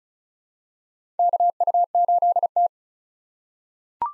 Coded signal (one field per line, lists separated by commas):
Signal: Morse code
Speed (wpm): 34 wpm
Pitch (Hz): 700 Hz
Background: none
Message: KU8T